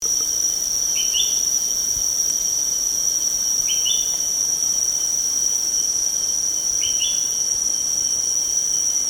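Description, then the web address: Spectacled bulbul calls: short, bright upslurred notes given three times about three seconds apart over a loud, steady high-pitched insect drone. Recorded 1 May 2007. "PJGNGLUMUT. spectacled bulbul"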